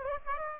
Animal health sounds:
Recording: mosquito wingbeat signal from an infrared sensor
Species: Aedes aegypti

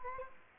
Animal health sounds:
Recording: mosquito wingbeat signal from an infrared sensor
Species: Anopheles arabiensis

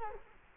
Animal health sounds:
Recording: mosquito wingbeat signal from an infrared sensor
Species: Culex quinquefasciatus

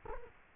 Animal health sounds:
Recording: mosquito wingbeat signal from an infrared sensor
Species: Culex quinquefasciatus

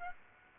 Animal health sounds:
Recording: mosquito wingbeat signal from an infrared sensor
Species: Aedes aegypti

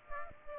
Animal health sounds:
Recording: mosquito wingbeat signal from an infrared sensor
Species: Aedes aegypti

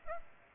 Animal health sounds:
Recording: mosquito wingbeat signal from an infrared sensor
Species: Aedes aegypti

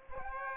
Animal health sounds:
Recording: mosquito wingbeat signal from an infrared sensor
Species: Aedes aegypti

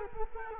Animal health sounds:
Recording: mosquito wingbeat signal from an infrared sensor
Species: Culex quinquefasciatus

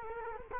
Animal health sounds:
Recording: mosquito wingbeat signal from an infrared sensor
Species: Culex quinquefasciatus

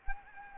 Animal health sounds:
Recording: mosquito wingbeat signal from an infrared sensor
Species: Anopheles gambiae

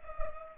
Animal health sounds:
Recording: mosquito wingbeat signal from an infrared sensor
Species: Culex pipiens

